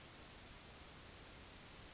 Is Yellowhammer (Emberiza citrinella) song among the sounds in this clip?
no